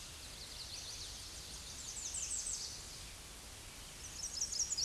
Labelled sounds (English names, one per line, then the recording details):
American Redstart song
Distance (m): 25 m
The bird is about level with the microphone
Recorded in a Pennsylvania forest on 16 May 2024 at 08:23
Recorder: AudioMoth, point MSD-2345
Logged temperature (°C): 15.5 °C
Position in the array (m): 116 m, 233 m